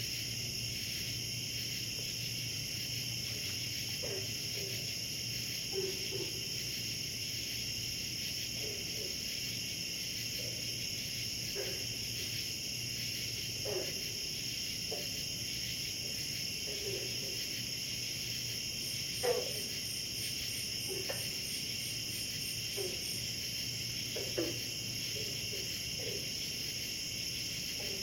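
Frogs and cicadas at a pond: steady shrill insect drones layered over a low hum, with short croaks every few seconds and a brief rapid ticking.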